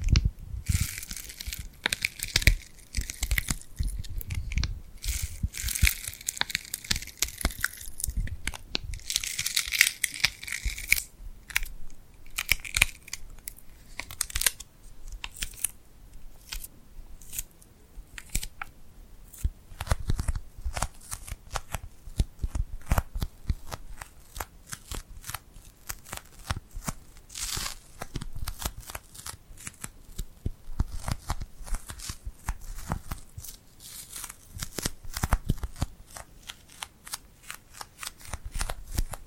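Tingly hand sounds from glue-covered hands: dense, crackly peeling and sticky tapping that crowds the first ten seconds with bright texture. Afterwards the sounds turn sparser, with separate sharp clicks and snaps arriving irregularly, several per second, over a quiet background.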